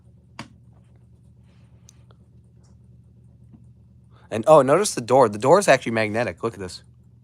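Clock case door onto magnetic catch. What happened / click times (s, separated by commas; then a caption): Door handled in quiet room, not yet closed; one sharp tick at 0.4 s could pass for a catch / none. The glass door of a new Howard Miller wall clock is being handled toward its magnetic catch, which holds by magnet rather than snapping into place like other clocks. A single sharp tick at 0.4 s and faint ticks near 1.9 and 2.1 s sit over a low steady hum, then someone talks from about 4.3 s to the end. The clip ends before the door closes, so nothing has seated yet.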